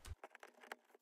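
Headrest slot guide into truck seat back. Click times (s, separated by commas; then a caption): 0.7 s. A plastic headrest slot guide is set back into the top of a Chevrolet Silverado truck seat back and pushed firmly down. After a brief low thump at the start, several small sharp taps come at about 0.2, 0.4 and 0.6 seconds. The loudest, sharpest click at 0.7 seconds is the guide seating home in the seat.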